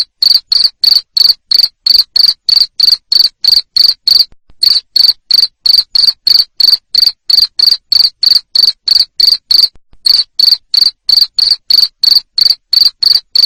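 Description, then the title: Cricket producing a long run of high, pulsing chirps at about three per second, with two brief pauses in the sequence. Loud cricket chirping played to stimulate lovebirds into continuous ngekek singing. "Suara JANGKRIK NGERIK Keras Bikin LOVEBIRD Jadi NGEKEK Terus Vubey"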